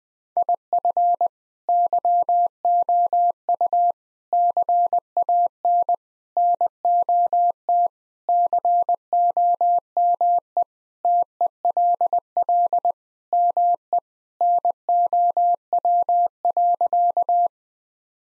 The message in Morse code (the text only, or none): IF YOU CAN NOT COME TELL ME NOW.